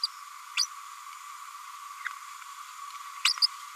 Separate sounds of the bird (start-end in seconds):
0.01-0.07, 0.56-0.67, 3.25-3.33